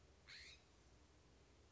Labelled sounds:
California Scrub-Jay (Aphelocoma californica)
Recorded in Sonoma County, California

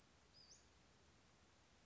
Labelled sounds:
Western Flycatcher (Empidonax difficilis)
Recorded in Sonoma County, California

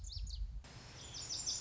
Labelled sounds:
Lazuli Bunting (Passerina amoena)
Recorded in Sonoma County, California

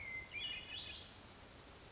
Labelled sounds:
Western Flycatcher (Empidonax difficilis)
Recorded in Sonoma County, California

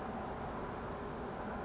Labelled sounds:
California Towhee (Melozone crissalis)
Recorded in Sonoma County, California

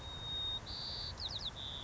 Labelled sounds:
White-crowned Sparrow (Zonotrichia leucophrys)
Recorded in Sonoma County, California

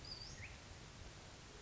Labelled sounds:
Western Flycatcher (Empidonax difficilis)
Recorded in Sonoma County, California

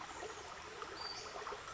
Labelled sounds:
Western Flycatcher (Empidonax difficilis)
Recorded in Sonoma County, California

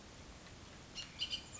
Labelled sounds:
Bullock's Oriole (Icterus bullockii)
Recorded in Sonoma County, California

